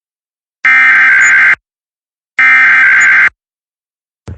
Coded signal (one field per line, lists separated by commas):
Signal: Emergency Alert System (SAME) tones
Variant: header bursts